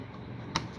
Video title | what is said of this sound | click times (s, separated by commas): custom sup 300$ Pc Build - gaming/E-sports | You hear the clicks, | 0.6 s